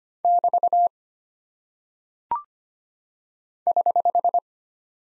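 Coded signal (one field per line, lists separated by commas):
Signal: Morse code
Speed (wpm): 25 wpm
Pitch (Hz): 700 Hz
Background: none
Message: <BT> <HH>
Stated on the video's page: Morse practice drill of punctuation and prosign characters at 25 wpm, each character sent, spoken, then sent again for head-copy.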